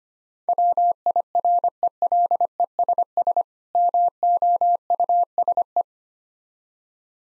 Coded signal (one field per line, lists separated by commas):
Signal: Morse code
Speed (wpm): 25 wpm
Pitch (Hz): 700 Hz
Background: none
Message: WIRELESS MOUSE